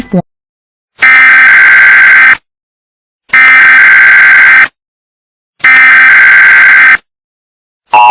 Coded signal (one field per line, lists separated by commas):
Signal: Emergency Alert System (SAME) tones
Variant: header bursts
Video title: EAS Scenario: Operation Roseville Mall